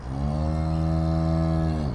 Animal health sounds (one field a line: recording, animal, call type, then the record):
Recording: contact call of a hoofed animal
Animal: cattle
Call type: low-frequency (closed-mouth) or high-frequency (open-mouth) call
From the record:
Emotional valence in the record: negative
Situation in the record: full separation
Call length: 1.95 s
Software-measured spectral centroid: 1300 Hz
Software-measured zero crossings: 580 a second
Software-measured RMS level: -24 dBFS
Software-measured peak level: -12 dBFS